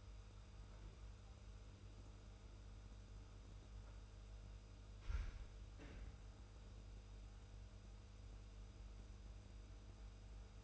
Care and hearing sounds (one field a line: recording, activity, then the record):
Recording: daily activity, microphone in the room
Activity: make coffee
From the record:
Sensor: 2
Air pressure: 990.7 hPa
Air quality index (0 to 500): 158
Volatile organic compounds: 603 ppm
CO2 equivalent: 4942 ppm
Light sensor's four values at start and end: 26/60/24/24 and 25/60/24/24